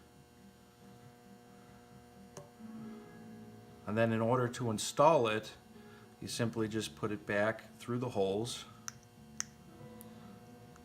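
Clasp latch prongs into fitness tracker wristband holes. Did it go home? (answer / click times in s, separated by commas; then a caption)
partly / 8.9 s, 9.4 s. Someone talks while a replacement square plastic clasp latch for a Fitbit Charge is pushed back through the holes of its silicone fitness tracker band. Two sharp snaps come at 8.9 and 9.4 seconds as the prongs go in. The clasp is only partly installed and not fully seated, because the prongs still have to pass a lower-tier gap.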